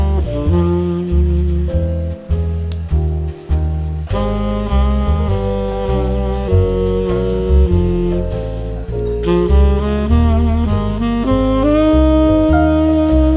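Smooth jazz plays steadily, with a warm, full bass line under sustained chords and a melody line that shifts every few seconds. The first four seconds sound choppier, with short gaps, before the music settles into an even, continuous flow.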